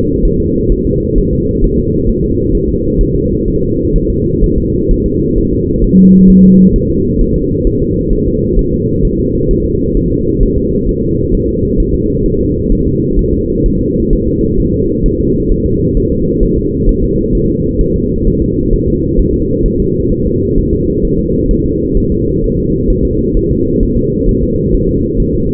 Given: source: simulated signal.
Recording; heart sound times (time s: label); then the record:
fetal heart sounds
0.25 s: S1
0.40 s: S2
0.72 s: S1
0.87 s: S2
1.18 s: S1
1.33 s: S2
1.64 s: S1
1.79 s: S2
2.09 s: S1
2.24 s: S2
2.55 s: S1
2.69 s: S2
3.01 s: S1
3.15 s: S2
3.48 s: S1
3.62 s: S2
3.96 s: S1
4.10 s: S2
4.44 s: S1
4.58 s: S2
4.91 s: S1
5.06 s: S2
5.38 s: S1
5.53 s: S2
5.84 s: S1
5.99 s: S2
6.30 s: S1
6.45 s: S2
6.76 s: S1
6.90 s: S2
7.21 s: S1
7.36 s: S2
7.67 s: S1
7.82 s: S2
8.13 s: S1
8.27 s: S2
8.59 s: S1
8.73 s: S2
9.05 s: S1
9.19 s: S2
9.51 s: S1
9.66 s: S2
9.97 s: S1
10.12 s: S2
10.43 s: S1
10.58 s: S2
10.89 s: S1
11.03 s: S2
11.34 s: S1
11.49 s: S2
11.80 s: S1
11.95 s: S2
12.26 s: S1
12.41 s: S2
12.72 s: S1
12.87 s: S2
13.19 s: S1
13.34 s: S2
13.66 s: S1
13.81 s: S2
14.13 s: S1
14.28 s: S2
14.60 s: S1
14.74 s: S2
15.06 s: S1
15.20 s: S2
15.52 s: S1
15.66 s: S2
15.97 s: S1
16.12 s: S2
16.43 s: S1
16.57 s: S2
16.89 s: S1
17.03 s: S2
17.35 s: S1
17.50 s: S2
17.81 s: S1
17.96 s: S2
18.27 s: S1
18.42 s: S2
18.73 s: S1
18.88 s: S2
19.20 s: S1
19.34 s: S2
19.66 s: S1
19.80 s: S2
20.12 s: S1
20.27 s: S2
20.58 s: S1
20.73 s: S2
21.05 s: S1
21.19 s: S2
21.51 s: S1
21.66 s: S2
21.98 s: S1
22.12 s: S2
22.44 s: S1
22.58 s: S2
22.90 s: S1
23.05 s: S2
23.37 s: S1
23.51 s: S2
23.83 s: S1
23.97 s: S2
24.29 s: S1
24.43 s: S2
24.74 s: S1
24.89 s: S2
25.20 s: S1
25.35 s: S2
From the record:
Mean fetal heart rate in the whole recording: 130 bpm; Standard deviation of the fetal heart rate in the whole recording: 4 bpm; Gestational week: 38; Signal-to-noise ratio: -10.2 dB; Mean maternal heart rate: 72 bpm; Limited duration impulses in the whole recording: present